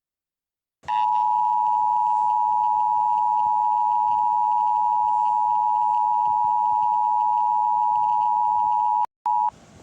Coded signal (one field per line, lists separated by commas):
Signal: Emergency Alert System (SAME) tones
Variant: 853 and 960 Hz attention tone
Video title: EAS Severe Thunderstorm Warning: Cook County, IL